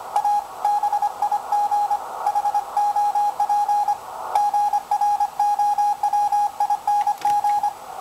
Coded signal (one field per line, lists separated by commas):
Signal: Morse code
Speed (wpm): 25 wpm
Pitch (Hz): 830 Hz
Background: none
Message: A BIG HOP GROWING